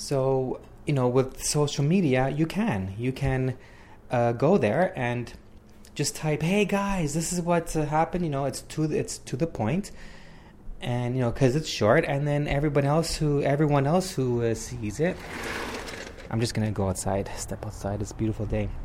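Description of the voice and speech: An adult man who stutters talks in a steady conversational voice. His speech is mostly fluent, with a few phrase repetitions ("you can, you can", "it's to, it's to"), some drawn-out sounds and some pauses. These are mild stuttering-like disfluencies.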